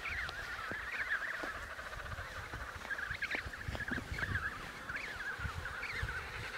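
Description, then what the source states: Emperor penguin chorus, many wavering trumpet-like calls overlapping continuously, with low rumbling and scattered thumps. Antarctica.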